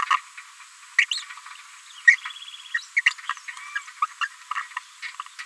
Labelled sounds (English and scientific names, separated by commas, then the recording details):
Green-rumped Parrotlet (Forpus passerinus) babbling
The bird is a female
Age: 30 days
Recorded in a nest box in Venezuela
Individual 17B73B2